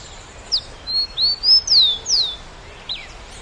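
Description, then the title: Bird song of clear, high whistled notes, several slurred upward or downward in a quick run of several phrases, over a steady background hiss. "LuckyPassaro Completos2Sama"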